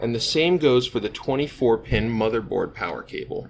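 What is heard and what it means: Someone talks while a 24-pin motherboard power cable plug is being handled for its motherboard socket, to be pushed in the same way as the CPU power cable until it clicks. Only speech is heard. Nothing has seated or clicked yet.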